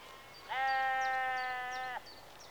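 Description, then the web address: Sheep bleat: one steady, harmonic bleat lasting about one and a half seconds, with faint high bird chirps in the background. Sheep in a rural exterior atmosphere, early evening. "BBC Sound Effects Library. Sheep Early Evening-Mid Close"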